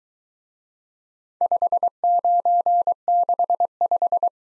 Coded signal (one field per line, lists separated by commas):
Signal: Morse code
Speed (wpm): 23 wpm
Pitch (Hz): 700 Hz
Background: none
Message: 5965